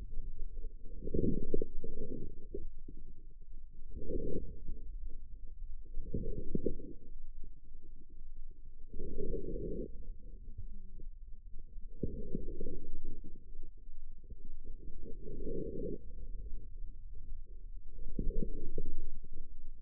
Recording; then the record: forearm muscle sounds (acoustic myography)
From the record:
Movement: inward rotation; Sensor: system 2, bracelet of six BSWA MPA416 microphones around the upper forearm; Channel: 5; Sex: male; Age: 22 years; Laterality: right